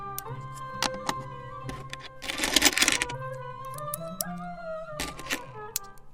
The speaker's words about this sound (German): Hilfst du mir Kleingeld rollen?